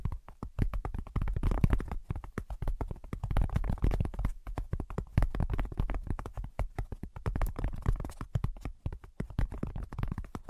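Rapid tapping runs through the whole clip, dense clusters of sharp taps with brief uneven gaps, mostly low and thumping with some brighter clicks on top. The pace shifts between quick bursts and short pauses, with a steady low hum underneath.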